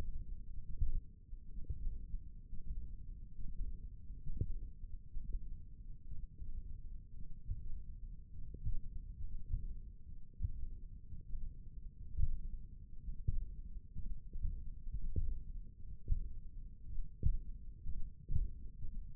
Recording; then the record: forearm muscle sounds (acoustic myography)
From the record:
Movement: tripod grip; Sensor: system 1, eight BSWA MPA416 microphones around the upper forearm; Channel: 1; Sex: male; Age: 23 years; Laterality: right